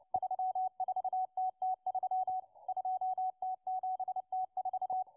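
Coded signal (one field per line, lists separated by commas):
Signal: Morse code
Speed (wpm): 29 wpm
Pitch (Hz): 750 Hz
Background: radio noise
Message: 34TT3 2T7T4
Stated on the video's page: Russian Morse number station M12 heard on 11139 kHz.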